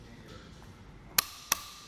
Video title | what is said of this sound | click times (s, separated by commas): etrailer - Setting up the Thule WingBar Evo Roof Rack for Naked Roofs on your 2019 Ford Escape | You're gonna hear a couple of loud audible clicks, just like that. Now you know it's done. | 1.2 s, 1.5 s